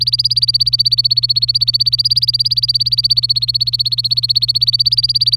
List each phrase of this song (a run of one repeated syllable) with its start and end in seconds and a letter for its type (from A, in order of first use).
0.00-5.37 A